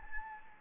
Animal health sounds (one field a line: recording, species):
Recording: mosquito wingbeat signal from an infrared sensor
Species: Anopheles gambiae